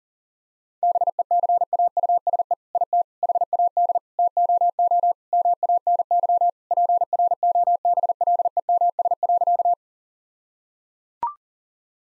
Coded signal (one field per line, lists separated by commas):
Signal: Morse code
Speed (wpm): 39 wpm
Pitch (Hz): 700 Hz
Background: none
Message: BECAUSE IT HAD TOO MANY PROBLEMS.